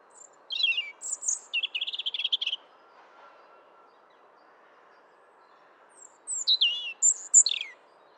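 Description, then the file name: European robin singing two separate phrases of high, thin, varied notes and fast rattling trills, with a few seconds of near silence between them. "Erithacus rubecula"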